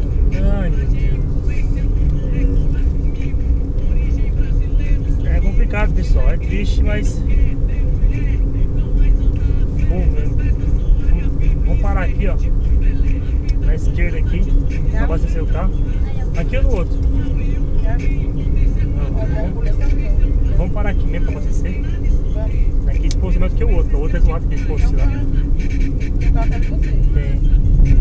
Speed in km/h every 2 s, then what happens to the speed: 66, 67, 68, 68, 69, 69, 69, 69, 70, 70, 69, 68, 67, 57.
0-23 steady at about 69. 23-28 slows to 57.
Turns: none.